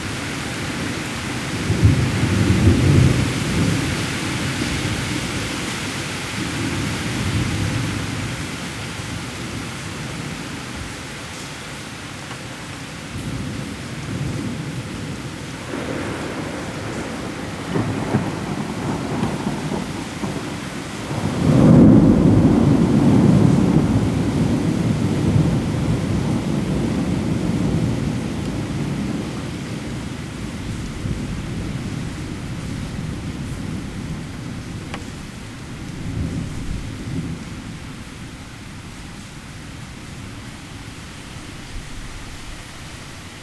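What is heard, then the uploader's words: Steady heavy rain hisses throughout, dense and even across the whole clip. Low rumbles of thunder swell repeatedly underneath, strongest around three seconds and again near twenty-two seconds, then fade to a quieter wash by the end. Heavy storm ambience.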